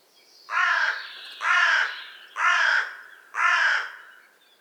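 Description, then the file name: Carrion crow giving four harsh, hoarse caws, each about a second apart and evenly spaced, with nothing else prominent. "Corvus corone"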